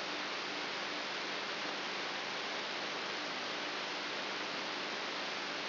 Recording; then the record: brain microelectrode recording played as sound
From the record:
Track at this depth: inside the subthalamic nucleus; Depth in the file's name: 3.84 mm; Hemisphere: right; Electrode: 3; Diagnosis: Parkinson's disease